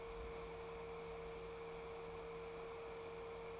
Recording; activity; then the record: daily activity, microphone in the room; open fridge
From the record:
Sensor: 1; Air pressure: 1014.9 hPa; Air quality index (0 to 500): 191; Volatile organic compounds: 21 ppm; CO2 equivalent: 2714 ppm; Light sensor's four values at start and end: 12/29/11/13 and 11/28/11/13